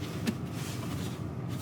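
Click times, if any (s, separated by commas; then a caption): 0.3 s. A sliding storage tray is pushed along its track in the center console of a 2021–2024 RAM 2500 Night Edition truck and latches with a single sharp click at 0.3 s over a steady low interior hum. The tray locks in place solidly, with no rattling.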